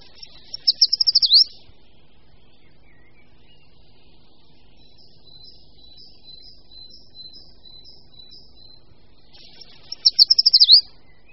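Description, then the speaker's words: Eurasian treecreeper song: two high, thin descending phrases ending in a quick trill, one at the start and one near the end, with faint high notes between. Song louder and longer than short-toed treecreeper's, ending in a blue tit-like trill; some birds sing mixed songs. Resident, mainly at middle and higher elevations. "V přírodě je ale nejdůležitějším poznávacím znakem zpěv, který je hlasitější a delší než u šoupálka krátkoprstého a končí trilkem podobným trilku modřinky."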